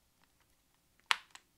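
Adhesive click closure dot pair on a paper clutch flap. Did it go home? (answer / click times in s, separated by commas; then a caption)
yes / 1.1 s. Two adhesive magnetic-style closure dots, one stuck on each side of a paper clutch flap, are pressed together. After a few faint taps, they click shut with a sharp snap at 1.1 s, followed by a softer tick just after. The closure is seated.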